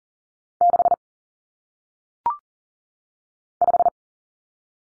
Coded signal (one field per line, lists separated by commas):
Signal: Morse code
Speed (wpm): 40 wpm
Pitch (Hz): 700 Hz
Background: none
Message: 6 5